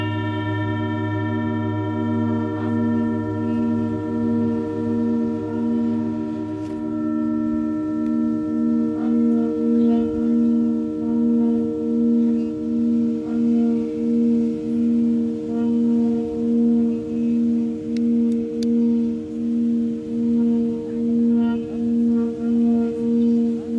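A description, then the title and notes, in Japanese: A singing bowl rings in a long, unbroken drone, its low hum joined by steady higher overtones. The tone swells and fades in a slow, regular pulse, roughly once a second, growing fuller after about ten seconds. Faint clicks appear occasionally. メキシコから シンギングボウルのサウンドヒーリング ライブ。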